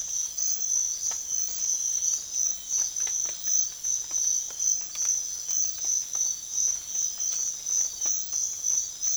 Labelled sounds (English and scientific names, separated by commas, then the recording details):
none
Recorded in secondary vegetation near Puerto Asís, Putumayo, Colombia, on 25 June 2025 at 05:00
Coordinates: 0.500, -76.326
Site GP08